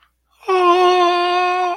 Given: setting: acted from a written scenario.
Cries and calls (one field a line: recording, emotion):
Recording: vocal sound without words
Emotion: romantic love